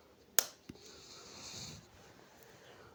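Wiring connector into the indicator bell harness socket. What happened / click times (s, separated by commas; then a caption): The wiring connector locked in / 0.4 s. A plastic wiring connector is pushed home into the indicator bell harness socket while an indicator bell is being fitted to a motorcycle. A sharp click at 0.4 s shows it locking in, followed by a faint tap and a soft, steady hiss. The connector is seated and locked.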